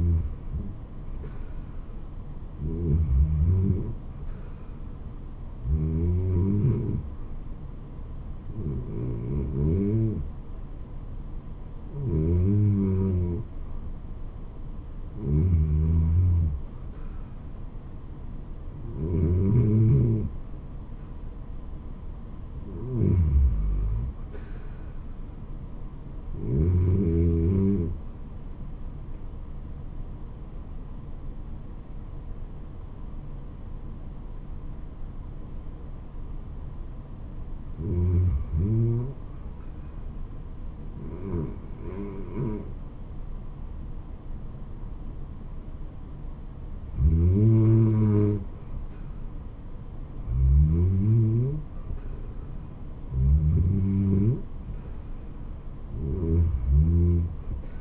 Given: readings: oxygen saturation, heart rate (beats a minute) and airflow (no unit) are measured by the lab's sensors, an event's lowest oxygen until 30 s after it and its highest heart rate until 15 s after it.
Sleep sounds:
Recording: breathing in sleep by a smartphone at the bedside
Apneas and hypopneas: 1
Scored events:
33.00-50.90 s: hypopnea (REM, oxygen 91% highest, then 90% lowest, heart rate 80 at the start, 83 highest)
From the record:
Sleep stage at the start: REM sleep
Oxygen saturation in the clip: 81 to 92%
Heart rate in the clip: 67 to 82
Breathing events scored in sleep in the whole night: 426 in 7.4 hours asleep

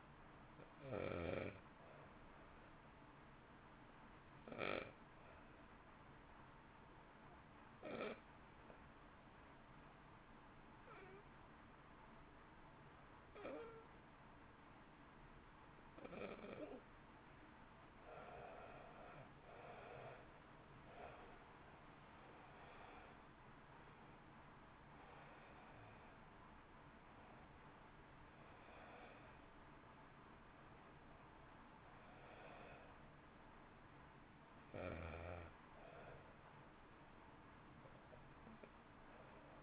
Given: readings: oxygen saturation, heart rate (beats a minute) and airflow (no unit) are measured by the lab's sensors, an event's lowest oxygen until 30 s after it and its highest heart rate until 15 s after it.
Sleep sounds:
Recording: breathing in sleep by a voice recorder at the bedside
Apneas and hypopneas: 1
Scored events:
3.00-18.10 s: hypopnea (N1, oxygen 95% highest, then 87% lowest, heart rate 52 at the start, 65 highest)
From the record:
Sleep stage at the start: N1 (lightest sleep)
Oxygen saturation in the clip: 86 to 95%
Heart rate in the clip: 52 to 65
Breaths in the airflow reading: 12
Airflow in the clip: -1.5 to 1.8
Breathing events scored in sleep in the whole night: 328 in 6.3 hours asleep

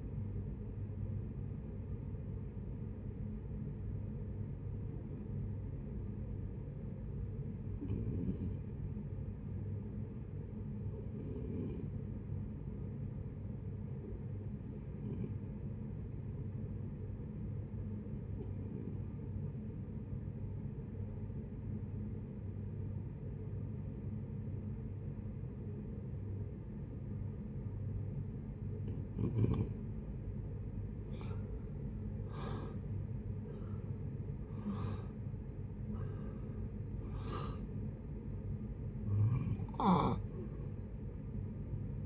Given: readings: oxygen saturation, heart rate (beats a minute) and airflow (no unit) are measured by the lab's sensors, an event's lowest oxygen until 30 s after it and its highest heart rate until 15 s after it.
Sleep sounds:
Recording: breathing in sleep by a smartphone at the bedside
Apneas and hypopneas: 1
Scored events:
3.00-29.30 s: hypopnea (REM, oxygen 87% highest, then 67% lowest, heart rate 73 at the start, 88 highest)
From the record:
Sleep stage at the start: REM sleep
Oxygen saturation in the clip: 72 to 87%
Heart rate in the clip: 60 to 88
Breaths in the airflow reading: 12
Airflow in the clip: -13.7 to 9.4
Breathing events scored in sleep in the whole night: 496 in 5.4 hours asleep

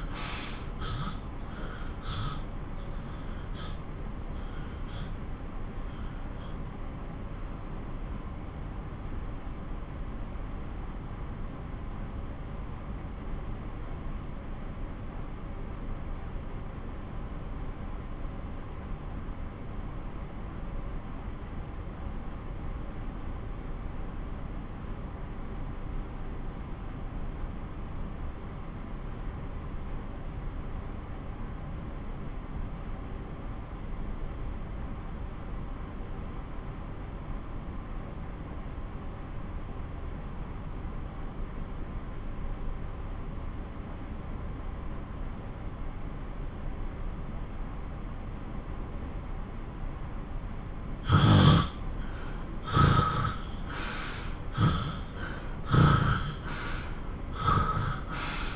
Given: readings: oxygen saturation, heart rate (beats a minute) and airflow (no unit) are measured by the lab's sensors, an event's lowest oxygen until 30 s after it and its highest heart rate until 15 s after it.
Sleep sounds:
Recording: breathing in sleep by a smartphone at the bedside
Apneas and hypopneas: 1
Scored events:
3.00-58.56 s: new sleep stage, N2 (light sleep)
7.00-49.40 s: obstructive apnea (N2, oxygen 94% highest, then 82% lowest)
From the record:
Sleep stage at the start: N1 (lightest sleep)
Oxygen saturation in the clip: 78 to 94%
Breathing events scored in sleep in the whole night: 217 in 6.3 hours asleep

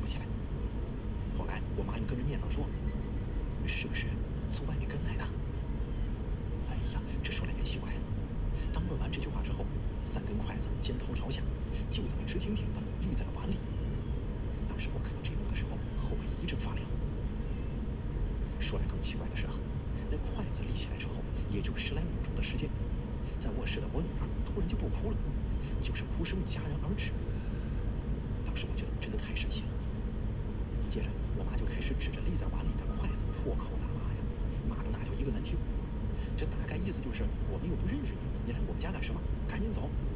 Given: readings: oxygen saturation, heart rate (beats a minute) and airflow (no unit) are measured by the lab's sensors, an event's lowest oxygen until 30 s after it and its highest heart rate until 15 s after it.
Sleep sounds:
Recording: breathing in sleep by a smartphone at the bedside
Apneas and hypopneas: none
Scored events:
none scored
From the record:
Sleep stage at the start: N1 (lightest sleep)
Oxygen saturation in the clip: 94%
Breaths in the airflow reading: 13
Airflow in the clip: -1.6 to 2.5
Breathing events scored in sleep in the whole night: 335 in 6.7 hours asleep

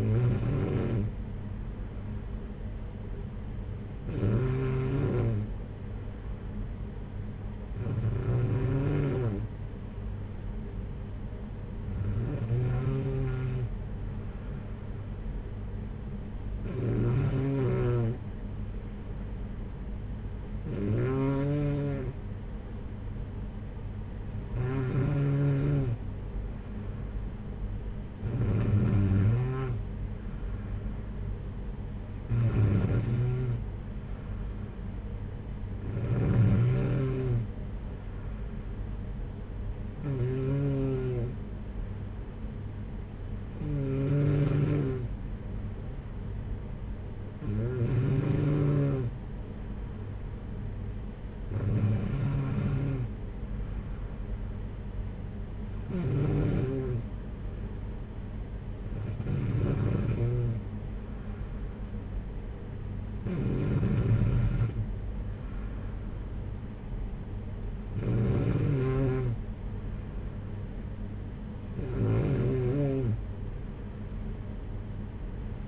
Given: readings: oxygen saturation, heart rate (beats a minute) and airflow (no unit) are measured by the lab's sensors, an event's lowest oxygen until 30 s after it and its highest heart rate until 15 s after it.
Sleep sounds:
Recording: breathing in sleep by a smartphone at the bedside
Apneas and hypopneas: 1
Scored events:
45.00-61.00 s: hypopnea (N2, oxygen 94% highest, then 93% lowest, heart rate 59 at the start, 59 highest)
50.00-75.68 s: new sleep stage, N1 (lightest sleep)
From the record:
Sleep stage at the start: N2 (light sleep)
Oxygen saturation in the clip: 93 to 94%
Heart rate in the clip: 53 to 60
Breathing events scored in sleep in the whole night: 226 in 8.8 hours asleep

